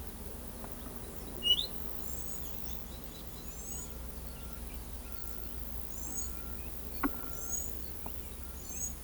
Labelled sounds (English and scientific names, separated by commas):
Rufous-browed Peppershrike (Cyclarhis gujanensis), Palm Tanager (Thraupis palmarum)